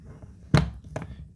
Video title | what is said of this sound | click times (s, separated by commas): Creality K1 Max Initial Setup | Twisted clockwise locks into place you put the filament real | 1.0 s